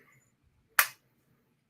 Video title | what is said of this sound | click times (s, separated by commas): FFIB Saturday 12/9/23 | it's pretty secure it's not going to move on its own snaps into place | 0.8 s